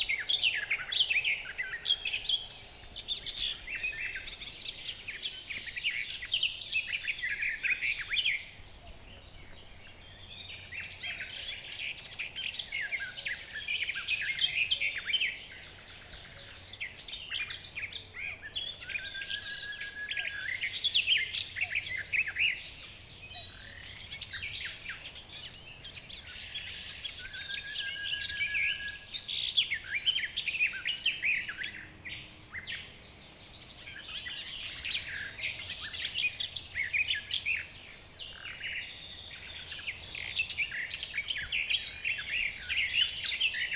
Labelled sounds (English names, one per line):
Garden Warbler